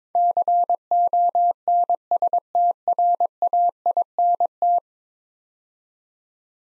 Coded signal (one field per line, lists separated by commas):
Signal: Morse code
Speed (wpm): 21 wpm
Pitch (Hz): 700 Hz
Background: none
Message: CONSTRAINT